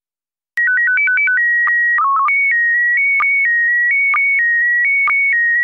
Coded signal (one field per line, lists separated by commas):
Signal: SSTV (slow-scan television)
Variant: PD 290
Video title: Daily Minutes Data - SSTV only